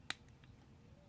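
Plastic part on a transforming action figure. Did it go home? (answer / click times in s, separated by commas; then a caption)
yes / 0.1 s. A plastic part on a transforming action figure is pushed down until it clicks into place. A single sharp, bright click sounds at 0.1 s, followed by faint small ticks around 0.3 s and 0.45 s against a quiet background. The part is seated.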